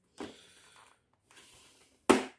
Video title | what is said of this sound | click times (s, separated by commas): MT streetfighter SV helmet review after 170 miles in the sun/rain/ wind | when you hear that click this ring goes | 2.1 s